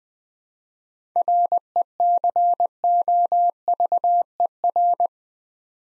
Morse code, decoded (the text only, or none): RECOVER